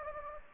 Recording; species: mosquito wingbeat signal from an infrared sensor; Anopheles gambiae